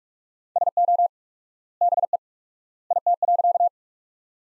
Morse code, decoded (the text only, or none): SO BE IT.